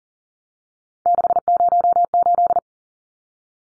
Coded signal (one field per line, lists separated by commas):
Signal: Morse code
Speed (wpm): 40 wpm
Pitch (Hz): 700 Hz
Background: none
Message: 608